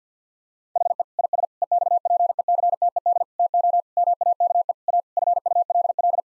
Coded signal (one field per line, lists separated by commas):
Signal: Morse code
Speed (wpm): 50 wpm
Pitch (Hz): 700 Hz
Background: none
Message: HE IS EXPECTED TO MAKE A FULL